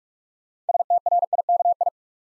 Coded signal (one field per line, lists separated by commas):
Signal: Morse code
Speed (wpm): 44 wpm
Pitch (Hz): 700 Hz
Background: none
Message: STRIKI